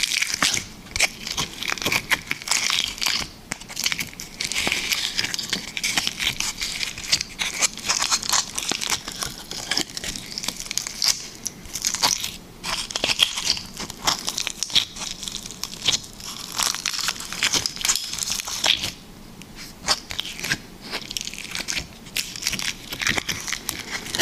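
Liquid slime is squished and worked in a steady stream of wet, crackly clicks and pops, bright and densely packed throughout. Short squelching bursts come every second or so, with a brief quieter stretch near nineteen seconds before the squishing picks up again.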